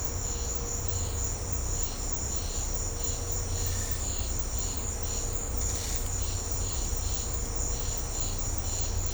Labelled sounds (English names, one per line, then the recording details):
none
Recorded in secondary vegetation near Puerto Asís, Putumayo, Colombia, on 18 December 2024 at 14:30
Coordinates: 0.502, -76.326
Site G028